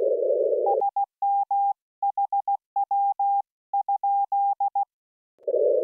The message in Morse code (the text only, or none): SMHW?